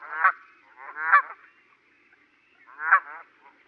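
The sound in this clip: Goose giving three honks, two close together and then one after a short pause.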